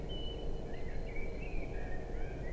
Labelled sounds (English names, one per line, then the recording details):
Great Tit
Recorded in Germany
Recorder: ecoPi